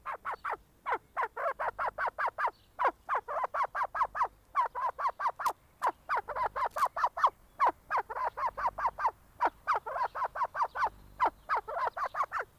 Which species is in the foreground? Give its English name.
Arabian Partridge